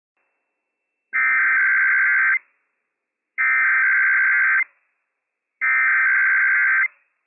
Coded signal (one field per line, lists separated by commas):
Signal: Emergency Alert System (SAME) tones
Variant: header bursts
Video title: IPAWS Required Weekly Test - WWF56 - EAS #203 - 11:00 AM PST 11/29/21